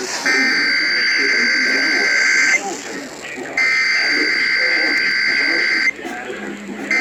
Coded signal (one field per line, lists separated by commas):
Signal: Emergency Alert System (SAME) tones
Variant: header bursts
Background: speech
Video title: A TOTALLY CALM MONDAY (EAS Alerts from June 13, 2022, EAS 920-973)